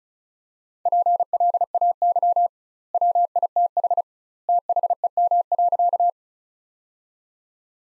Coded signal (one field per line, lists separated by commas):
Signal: Morse code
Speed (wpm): 34 wpm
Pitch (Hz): 700 Hz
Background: none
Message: PLAY WITH THEM.